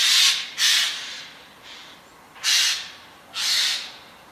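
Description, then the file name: Eurasian jay repeating hoarse, noisy screeches, five rasping bursts in about four seconds, two close together at the start and one quieter in the middle. "Garrulus glandarius"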